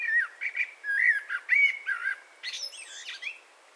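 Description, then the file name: Eurasian blackbird song: a run of mellow warbled whistles followed by a high, scratchy twittering flourish before fading out. "Turdus merula"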